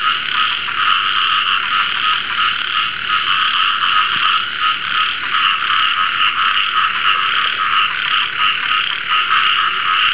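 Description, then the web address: Frogs calling in a dense, steady chorus, a continuous rasping, buzzing wall of overlapping croaks that never pauses. "khajitfoythong frog"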